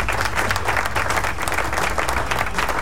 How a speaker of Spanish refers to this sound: Así que aplauso.